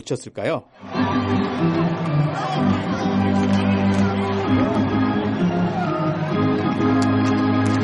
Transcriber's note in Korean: 녹취: 야구장 관중 함성